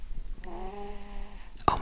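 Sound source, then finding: Pet animal. Snoring.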